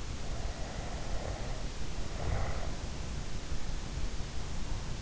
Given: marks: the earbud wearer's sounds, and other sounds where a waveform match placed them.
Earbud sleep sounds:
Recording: sounds in sleep by an in-ear microphone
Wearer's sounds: snoring breath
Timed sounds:
0.20-3.06 s: snoring breath

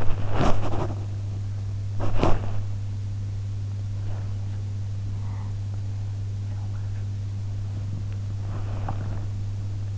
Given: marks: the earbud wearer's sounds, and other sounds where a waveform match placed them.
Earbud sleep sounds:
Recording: sounds in sleep by an in-ear microphone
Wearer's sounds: body movement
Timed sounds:
0.00-1.04 s: body movement
1.97-2.78 s: body movement
8.29-9.41 s: body movement

